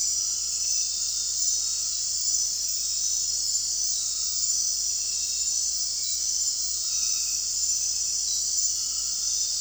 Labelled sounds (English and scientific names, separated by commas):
none